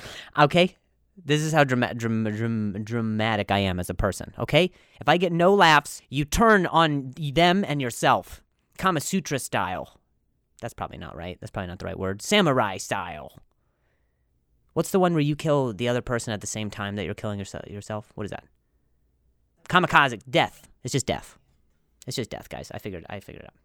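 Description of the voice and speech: Conversational adult male speech with a stuttered part-word repetition on 'dramatic', plus brief revisions, in a man who stutters.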